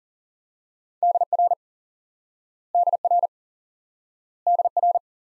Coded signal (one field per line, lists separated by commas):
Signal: Morse code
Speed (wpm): 40 wpm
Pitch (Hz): 700 Hz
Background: none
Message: DR DR DR